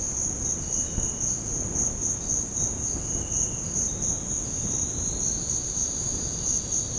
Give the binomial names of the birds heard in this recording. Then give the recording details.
Dendroplex picus. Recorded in dense forest near Puerto Asís, Putumayo, Colombia, on 20 February 2024 at 06:30. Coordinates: 0.486, -76.316. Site G6437